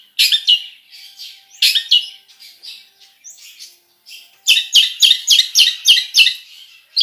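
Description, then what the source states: Long-tailed shrike song: bursts of varied chattering, whistled notes, then a fast run of sharp repeated notes near the end. Full song packed with imitations (isian), bird described as gacor.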